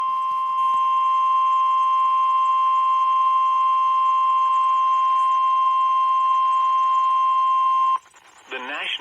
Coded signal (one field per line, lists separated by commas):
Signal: Emergency Alert System (SAME) tones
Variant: 1050 Hz attention tone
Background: speech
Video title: EAS #1,693-1,694 (DOUBLE-HEADER) Online NOAA Weather Radio PDS TOA #720/SVR #3 12/28/24